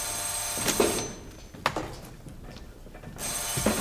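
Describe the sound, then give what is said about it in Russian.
A harsh, rattling mechanical ring, like an old telephone bell, comes in a few short clattering bursts over a steady hiss, with no one speaking. “Вы что, не слышите, что телефон звонит?”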